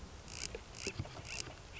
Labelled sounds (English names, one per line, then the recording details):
Acorn Woodpecker
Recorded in Sonoma County, California